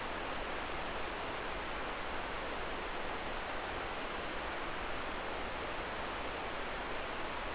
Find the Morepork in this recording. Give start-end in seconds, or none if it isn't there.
none